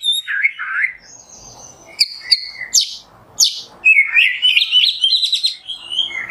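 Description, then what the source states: Oriental magpie-robin song: slurred whistles, then sharp high notes and a fast, buzzy warbling run. Masteran (tutor recording) of kacer song in the nembak style.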